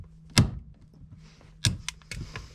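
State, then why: Released. A driver's-side retaining clip on the shift cable end is turned counterclockwise in the shifter bracket of a GD3 Honda Fit while a Hybrid Racing short shifter is being fitted. A sharp knock sounds at 0.4 s, then the clip clicks loose at 1.7 s, followed by a few quieter ticks and rattles. The clip is released from the bracket.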